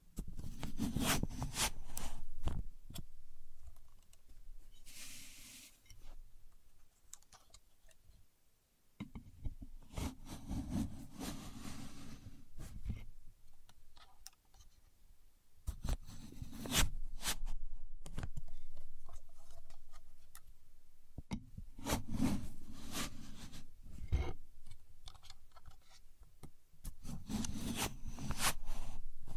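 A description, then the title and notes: A contour gauge being handled, its pins rattling and scraping in bursts of dense clicking. Busy stretches near the start, around ten seconds, and from sixteen to twenty-eight seconds alternate with quieter pauses, with occasional sharp clacks standing out. A Contour Gauge. No Talking.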